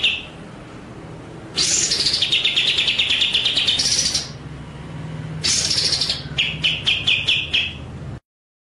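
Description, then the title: White-rumped shama song: a long, loud, dense warbling burst lasting over two seconds, then a brighter sweep and a quick run of clipped notes. Masteran (training) track of full 'ngerol' and 'nembak' song styles. "Masteran Murai Batu Full Ngerol Nembak"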